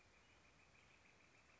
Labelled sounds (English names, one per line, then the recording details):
Northern Flicker
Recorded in Sonoma County, California